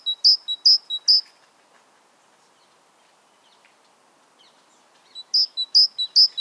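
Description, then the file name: Great tit giving brief runs of quick, high, repeated notes at the start and end, with near silence between. "Parus major"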